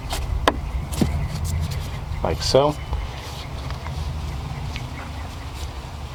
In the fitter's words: should just pop into place like